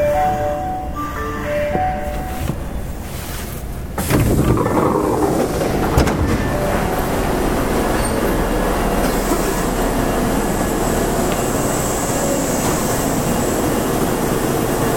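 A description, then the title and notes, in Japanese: A subway train running, heard from inside the car. The first four seconds carry a few short tonal beeps over a quieter hum, then a sudden surge at about four seconds brings a loud, dense rumble and rattle of wheels that holds steady to the end. 近鉄7000系 地下鉄中央線 本町から長田まで。It is a running sound of a Kintetsu 7000 series train.I recorded on the Osaka city subway Chuo Line of a direct drive destination.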